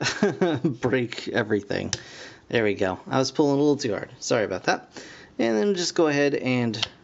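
A plastic tail section is handled on a transforming toy robot body (Dinobot Snarl, Power of the Primes) while someone talks throughout. The part is being worked into position, but nothing has seated or clicked yet.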